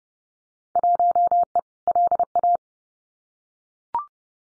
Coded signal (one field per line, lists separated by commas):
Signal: Morse code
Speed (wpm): 30 wpm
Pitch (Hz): 700 Hz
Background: none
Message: 1E LA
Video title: Field Day Exchange Encore 30wpm